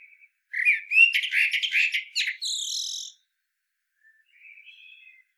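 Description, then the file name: Common blackbird singing one phrase: low fluty warbled notes rising into a shrill, squeaky twitter, then a faint soft warble after a pause. "Turdus merula"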